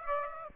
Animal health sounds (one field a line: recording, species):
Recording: mosquito wingbeat signal from an infrared sensor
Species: Aedes aegypti